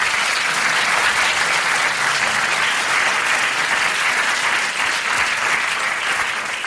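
A large audience applauds steadily at a Polish Radio Trójka (Program Trzeci) awards ceremony, a dense, even wash of many hands clapping that holds at the same loud level for several seconds without pause or voices.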